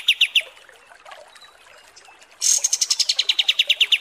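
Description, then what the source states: Kapas tembak bird song: a few high chips, a quiet stretch, then a sharp note leading into a long string of rapid, evenly spaced high notes. Masteran (tutor song) for training cage birds, described as mewah (luxurious).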